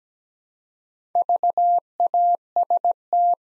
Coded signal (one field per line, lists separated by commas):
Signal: Morse code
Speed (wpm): 17 wpm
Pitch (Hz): 700 Hz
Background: none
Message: VAST